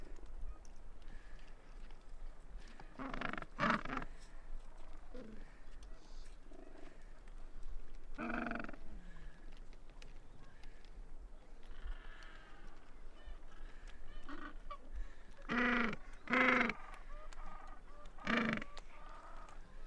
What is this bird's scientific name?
Pygoscelis papua